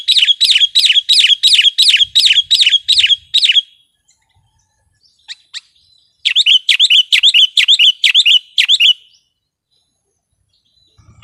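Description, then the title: Sooty-headed bulbul song: a fast, even run of repeated chirpy phrases, a short break, then another similar rapid burst. "kutilang"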